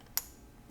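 A crimped metal wire terminal, its locking tang facing the correct direction, is pushed into a plastic connector housing. A single sharp, bright click sounds at 0.2 s against near silence. The terminal is seated in place and its tang locks it so it cannot come back out.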